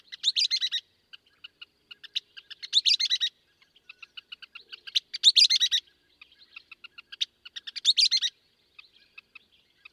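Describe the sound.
Western kingbird: short series of sharp kip notes alternate with four loud, twittering sputters.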